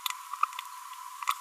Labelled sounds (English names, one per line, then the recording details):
Green-rumped Parrotlet babbling
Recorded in a nest box in Venezuela
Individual 18B25A3